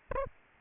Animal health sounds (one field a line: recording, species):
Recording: mosquito wingbeat signal from an infrared sensor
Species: Aedes aegypti